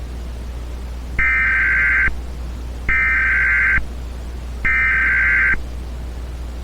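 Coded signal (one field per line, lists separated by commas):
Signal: Emergency Alert System (SAME) tones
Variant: header bursts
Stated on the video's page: Fictional EAS scenario; alerts are not real emergency broadcasts.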